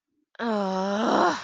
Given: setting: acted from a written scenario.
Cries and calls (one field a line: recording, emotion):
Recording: vocal sound without words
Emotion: shame